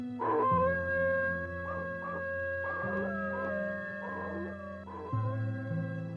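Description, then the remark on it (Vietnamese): A pack of caged dogs howl together in long, drawn-out, overlapping wails over a low steady drone, the mournful tones rising and holding without a break for about six seconds. “Đã thế lại thêm bầy chó ở bên cạnh cứ liên tục gào thét những bài hát hận đời, nó như xoáy sâu vào trong vết thương, trong cỗ rồi của Chùn.”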